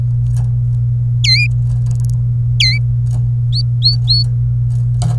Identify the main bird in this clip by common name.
Domestic Canary